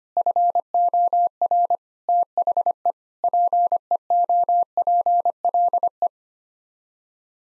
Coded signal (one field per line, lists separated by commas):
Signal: Morse code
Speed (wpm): 25 wpm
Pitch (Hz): 700 Hz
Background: none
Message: FOR THE PEOPLE